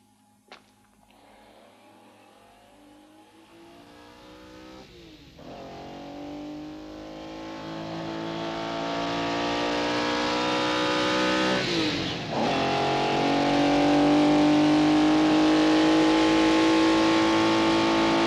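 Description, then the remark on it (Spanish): A car engine revs and pulls away, its pitch climbing steadily with two audible gear shifts as the motor grows louder and more strained, with no voices. “coge el coche.”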